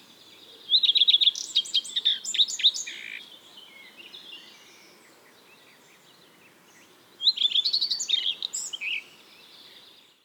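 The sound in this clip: Common redstart song: two brisk phrases, each a run of high sweet repeated notes ending in a scratchy jumble, separated by about four seconds of quiet.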